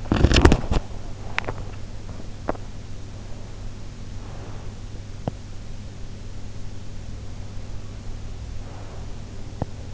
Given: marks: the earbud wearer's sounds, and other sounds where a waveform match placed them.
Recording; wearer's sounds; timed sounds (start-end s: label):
sounds in sleep by an in-ear microphone; teeth grinding, swallowing
0.00-1.13 s: teeth grinding
1.26-2.66 s: swallowing
5.12-5.79 s: teeth grinding